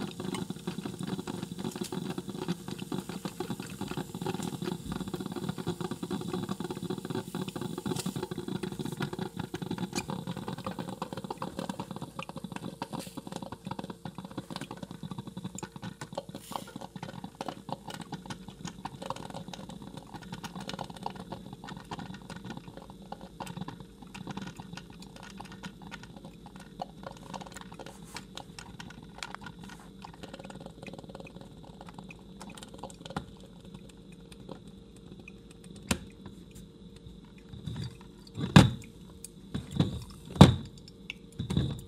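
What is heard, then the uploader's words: Brewing gives off a steady low hum and rumble, fuller for the first ten seconds and then easing to a softer, even drone. Faint scattered ticks and clicks run throughout, and a few sharper, louder knocks break in during the last five seconds. Brewing.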